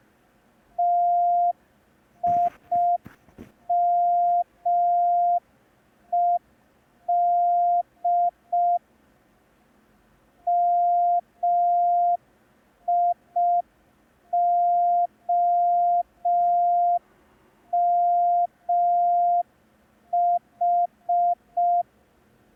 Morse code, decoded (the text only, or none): TIMED MIOMH